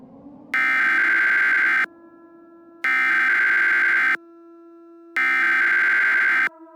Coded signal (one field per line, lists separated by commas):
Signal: Emergency Alert System (SAME) tones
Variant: header bursts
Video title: Lunar Disruption | EAS Scenario #6